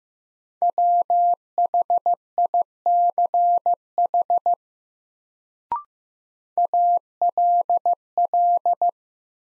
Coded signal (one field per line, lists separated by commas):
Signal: Morse code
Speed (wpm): 15 wpm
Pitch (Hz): 700 Hz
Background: none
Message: WHICH ALL